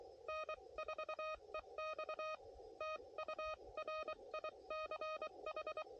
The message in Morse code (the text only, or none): N4EX TU RICH